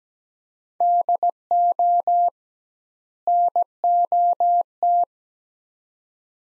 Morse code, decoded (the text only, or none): DO NOT